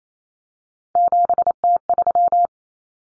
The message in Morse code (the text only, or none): 7T3